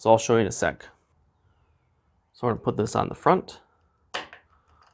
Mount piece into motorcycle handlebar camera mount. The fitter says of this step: snaps right in once you're in the desired spot you just tighten it like this